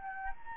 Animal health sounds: mosquito wingbeat signal from an infrared sensor; Anopheles gambiae

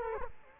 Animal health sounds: mosquito wingbeat signal from an infrared sensor; Culex quinquefasciatus

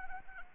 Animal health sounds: mosquito wingbeat signal from an infrared sensor; Anopheles arabiensis

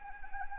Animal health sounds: mosquito wingbeat signal from an infrared sensor; Anopheles gambiae

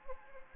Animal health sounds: mosquito wingbeat signal from an infrared sensor; Anopheles gambiae

